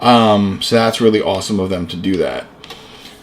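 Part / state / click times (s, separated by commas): toy magazine into action figure weapon / seated / 2.6 s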